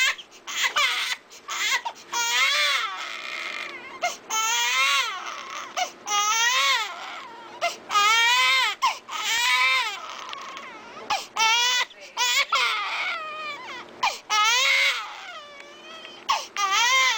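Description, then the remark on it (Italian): A very young infant in its first weeks cries intensely from gas colic, a steady series of loud, high, wavering wails broken by short gasping pauses, with no talking over it. “quando il bambino è proprio piccolino, il pianto delle cosiddette coliche gassose.”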